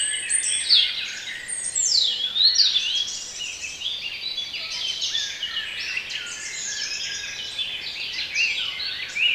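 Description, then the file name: Birds singing in a dense chorus, many overlapping high chirps, trills and sweeping whistles running throughout with no pause. For relaxation. "relaksacja odglosy ptakow"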